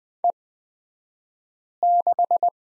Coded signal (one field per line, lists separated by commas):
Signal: Morse code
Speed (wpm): 20 wpm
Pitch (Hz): 700 Hz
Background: none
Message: E6